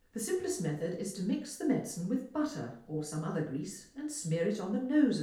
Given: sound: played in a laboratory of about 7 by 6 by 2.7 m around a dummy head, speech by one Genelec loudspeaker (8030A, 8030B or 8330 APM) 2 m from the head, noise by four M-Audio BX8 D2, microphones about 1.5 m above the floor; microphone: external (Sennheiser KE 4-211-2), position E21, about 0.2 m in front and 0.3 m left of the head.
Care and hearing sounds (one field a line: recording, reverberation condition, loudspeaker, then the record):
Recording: female speech in English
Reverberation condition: medium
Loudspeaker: 120 degrees to the right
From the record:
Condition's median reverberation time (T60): about 510 ms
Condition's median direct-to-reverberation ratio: about -0.5 dB